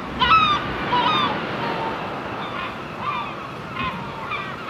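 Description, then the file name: Gulls give a few loud, harsh cries early, then softer calls, over low surf. Gulls on the shore. "Seagulls On the Shore"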